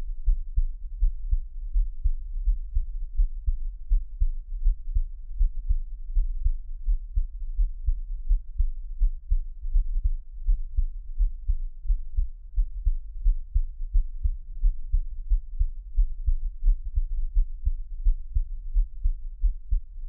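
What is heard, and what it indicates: Steady, soft low thumps of an adult's own heartbeat, about 86 beats a minute, heard close up as a Taiwanese ASMR track with no talking.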